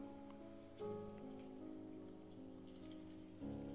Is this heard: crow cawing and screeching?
no